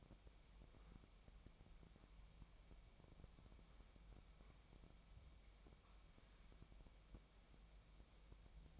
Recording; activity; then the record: daily activity, microphone in the room; wipe stove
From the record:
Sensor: 1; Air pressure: 1003.3 hPa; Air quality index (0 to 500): 200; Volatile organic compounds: 6 ppm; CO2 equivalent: 1914 ppm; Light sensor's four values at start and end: 8/20/8/10 and 8/20/8/10